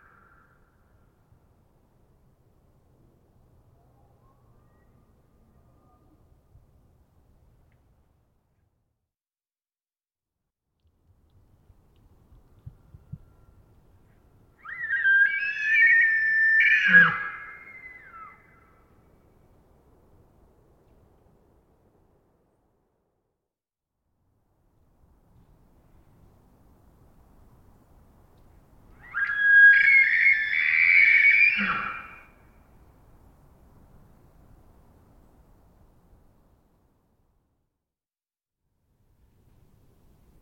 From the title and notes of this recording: Wild Elk Screams. Elk Screams, isolated from Double mid-side soundscape original, multiple herds surround campsite in early morning hours, processed with light noise expansion Recorded in the Beautiful Pacific Northwest in Washington, Untied States.